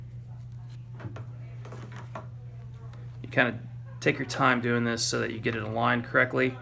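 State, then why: Not seated. A cable connector is handled and lined up with the port of an OrthoScan Mobil DI mobile imaging unit, red emblem to red mark, before being pushed home, with faint taps around 1.2, 1.7 and 2.2 seconds over a steady low hum. Someone then talks from about 3.3 seconds onward. Nothing has seated or clicked yet.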